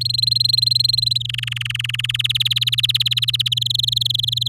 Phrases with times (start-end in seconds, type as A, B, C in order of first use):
0.01-1.18 A, 1.20-2.17 B, 2.19-3.48 C, 3.52-4.48 D